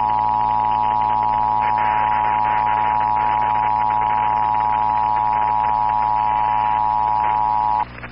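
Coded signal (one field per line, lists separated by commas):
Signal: Emergency Alert System (SAME) tones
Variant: 853 and 960 Hz attention tone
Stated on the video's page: Part of a fictional analog horror film set in 1983 New Jersey.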